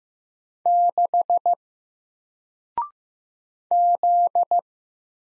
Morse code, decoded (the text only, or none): 6 Z